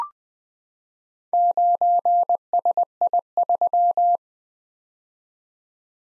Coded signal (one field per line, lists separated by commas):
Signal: Morse code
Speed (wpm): 20 wpm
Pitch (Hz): 700 Hz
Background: none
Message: 9SI3